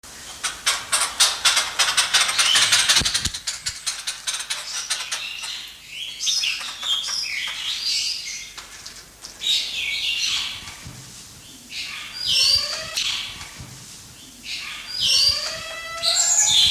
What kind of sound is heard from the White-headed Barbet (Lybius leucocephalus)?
call